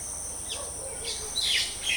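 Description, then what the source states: Bird giving a few quick high chirps that sweep downward, the last ones louder, over a steady high-pitched drone. Birds chirping in a countryside ambience.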